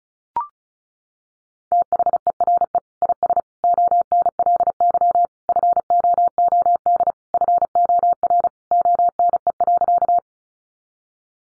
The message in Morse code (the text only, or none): THERE IS ONLY FOOD FOR ONE.